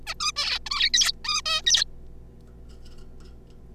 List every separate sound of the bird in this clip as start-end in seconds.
0.06-0.14, 0.20-0.32, 0.36-0.59, 0.66-0.69, 0.70-0.90, 0.94-1.12, 1.25-1.41, 1.46-1.62, 1.66-1.84